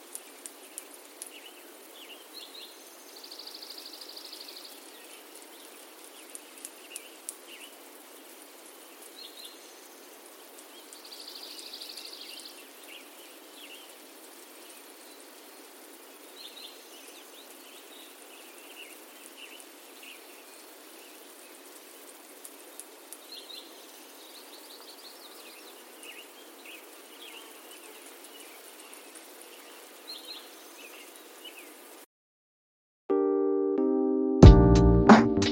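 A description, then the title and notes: A quiet mountain forest morning: a steady airy hiss with scattered faint bird chirps and short high trills, the clearest near 4, 12 and 25 seconds. Near the end the sound drops out briefly, then a loud bell-like chime rings out. Rocky Mountain Forest Morning. Captured July 2021.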